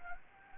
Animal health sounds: mosquito wingbeat signal from an infrared sensor; Anopheles gambiae

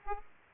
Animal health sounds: mosquito wingbeat signal from an infrared sensor; Aedes aegypti

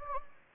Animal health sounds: mosquito wingbeat signal from an infrared sensor; Anopheles gambiae

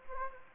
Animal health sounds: mosquito wingbeat signal from an infrared sensor; Anopheles gambiae

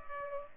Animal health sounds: mosquito wingbeat signal from an infrared sensor; Culex pipiens

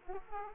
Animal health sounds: mosquito wingbeat signal from an infrared sensor; Aedes aegypti

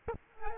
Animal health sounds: mosquito wingbeat signal from an infrared sensor; Aedes albopictus

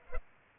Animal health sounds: mosquito wingbeat signal from an infrared sensor; Culex pipiens

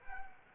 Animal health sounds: mosquito wingbeat signal from an infrared sensor; Anopheles arabiensis

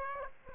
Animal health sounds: mosquito wingbeat signal from an infrared sensor; Aedes aegypti

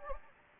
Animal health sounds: mosquito wingbeat signal from an infrared sensor; Anopheles gambiae

